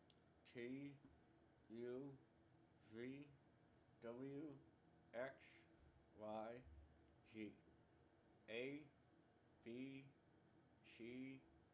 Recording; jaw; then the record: letters of the alphabet, spoken; constrained by a bite bar between the teeth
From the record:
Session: first day, right after the free take